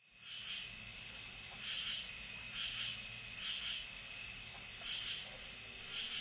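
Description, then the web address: Lesser Anglewing katydid song: three short, very high bursts of a few rapid ticks, over a steady background hiss. North America. "Songs of Insects. Lesser Anglewing"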